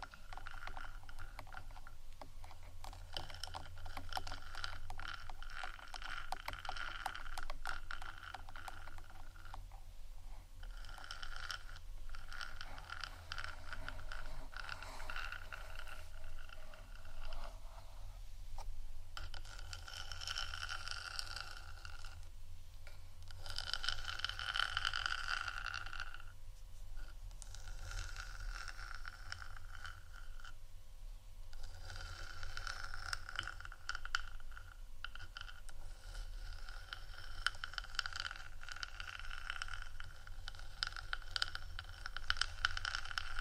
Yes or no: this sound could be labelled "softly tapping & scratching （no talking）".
yes